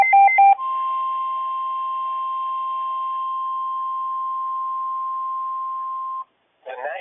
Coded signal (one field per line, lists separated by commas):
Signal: Emergency Alert System (SAME) tones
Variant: 1050 Hz attention tone